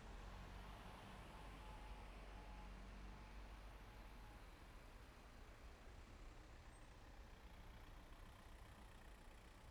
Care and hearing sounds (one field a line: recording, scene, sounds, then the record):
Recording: everyday scene through a hearing-aid microphone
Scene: in traffic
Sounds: traffic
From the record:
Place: main road on the outskirts, rush hour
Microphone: behind the ear, right, rear